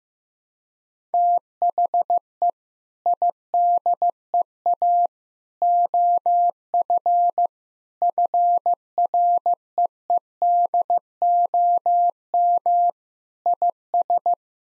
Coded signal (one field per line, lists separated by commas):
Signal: Morse code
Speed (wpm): 15 wpm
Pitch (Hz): 700 Hz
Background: none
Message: THE IDEA OF FREEDOM IS